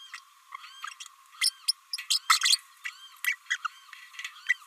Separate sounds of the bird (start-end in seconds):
0.54-0.57, 1.41-1.51, 1.68-1.72, 1.93-1.98, 2.10-2.19, 2.41-2.58, 2.84-2.91, 3.26-3.36, 3.50-3.57, 3.64-3.67, 4.48-4.55